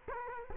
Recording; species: mosquito wingbeat signal from an infrared sensor; Culex quinquefasciatus